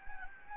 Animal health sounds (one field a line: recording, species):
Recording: mosquito wingbeat signal from an infrared sensor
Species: Anopheles gambiae